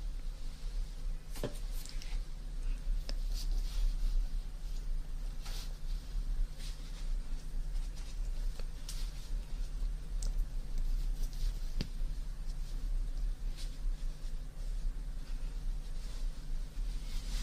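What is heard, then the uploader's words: Ear cleaning and ear massage sounds: a steady low rumble with a faint hum underneath, broken by frequent soft crackles, clicks and brief rustling scrapes. The sharper taps land irregularly, a few every couple of seconds, and the overall level stays even throughout. Ear Cleaning & Ear Massage Water Sounds.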